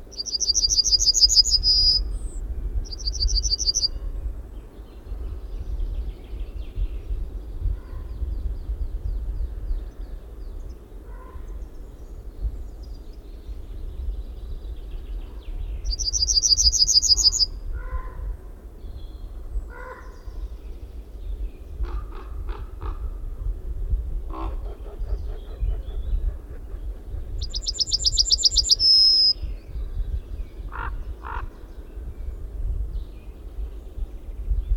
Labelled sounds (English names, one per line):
Yellowhammer song